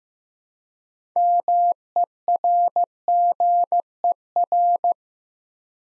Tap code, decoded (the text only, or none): none